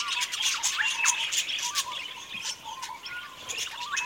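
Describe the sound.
Budgerigars twittering together, quick clicky chirps crowding over one another with small curved whistled notes mixed in.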